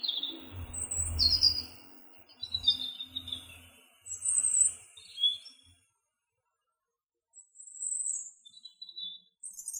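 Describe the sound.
European robin singing thin, high warbling phrases with pauses between them, low rumbling noise under the first half, silence for a while before two final phrases.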